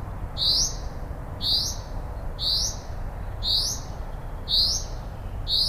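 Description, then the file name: Common Chaffinch calling with brief high upward-sweeping notes, one roughly every second, six in all, against steady low-pitched background noise. "Fringilla coelebs"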